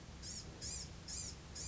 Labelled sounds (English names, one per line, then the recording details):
Blue-gray Gnatcatcher
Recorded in Sonoma County, California